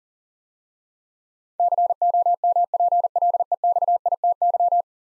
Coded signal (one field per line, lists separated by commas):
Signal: Morse code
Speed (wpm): 40 wpm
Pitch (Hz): 700 Hz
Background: none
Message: COMPLEXITY